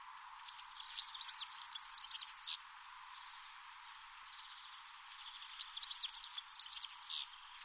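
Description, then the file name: European serin song: two sizzling, high-pitched jangling phrases, each about two seconds long, separated by a pause. "Serin cini"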